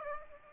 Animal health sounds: mosquito wingbeat signal from an infrared sensor; Aedes aegypti

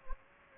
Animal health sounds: mosquito wingbeat signal from an infrared sensor; Anopheles gambiae

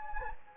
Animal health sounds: mosquito wingbeat signal from an infrared sensor; Anopheles gambiae

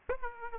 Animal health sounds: mosquito wingbeat signal from an infrared sensor; Aedes aegypti

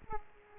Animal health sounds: mosquito wingbeat signal from an infrared sensor; Aedes aegypti

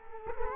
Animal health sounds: mosquito wingbeat signal from an infrared sensor; Culex quinquefasciatus

